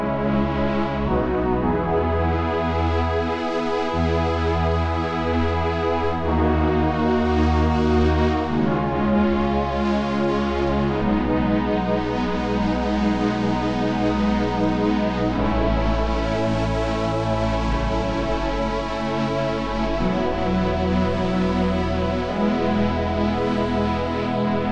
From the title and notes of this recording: A selection of demos for motion and pad sounds. All sounds are from the Waldorf Microwave XTk synthesizer and were programmed by me, Christopher Arndt. Recorded with a BOSS BR-600 hardware digital recorder and mixed with Tracktion 6 DAW on Linux. All sounds in this demo are single programs and have just one layer, sometimes with dual unisono, i.e. four oscillators per voice.